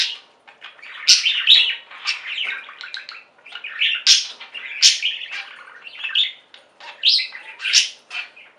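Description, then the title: Budgerigar chatter, quick chirpy warbling in bursts with high squeaky notes and brief quiet gaps between phrases. "Budgie Sounds"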